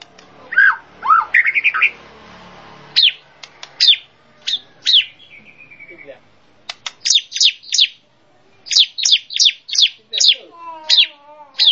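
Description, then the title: Bird song with harsh squeaky phrases followed by quick bursts of sharp falling chips and a soft wavering whistle near the end. Described as a complete 'masteran' birdsong compilation. "Kicau Burung Masteran Lengkap"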